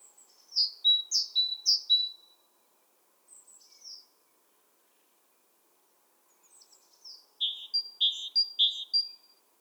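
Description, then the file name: Great tit calling in high, bright two-note phrases repeated rapidly in two bursts, with a softer brief phrase between them, in an otherwise quiet background. "Parus major"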